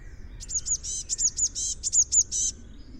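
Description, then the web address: Eurasian blue tit giving a fast series of high, thin buzzy notes lasting about two seconds, above low background noise. "Deverinetal 2025 File origin Bird Only Cy Ca"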